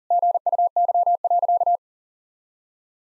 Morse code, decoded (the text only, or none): GUY.